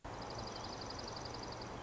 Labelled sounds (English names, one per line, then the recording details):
Dark-eyed Junco
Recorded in Sonoma County, California